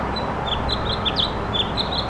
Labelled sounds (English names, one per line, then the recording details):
House Finch song
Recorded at East Hampton on Long Island, New York, on 15 June 2013
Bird C